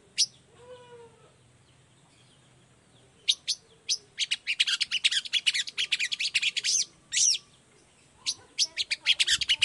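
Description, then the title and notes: Long-tailed shrike singing: a quiet start with soft whistles, then dense, buzzy, rasping bursts in rapid runs with short gaps. Cendet (long-tailed shrike) singing actively in the morning; song with varied 'toet toet' notes, used as a lure to make shrikes of any type reply and open their beaks. "Cendet Gacor Dor Di Kala Pagi Toet Toet Variasi Suara. Cendet Gacor Efektif Pancingan Buat Cendet Jenis Apapun Agar Cepat Nyaut Buka Paruh. Burung cendet"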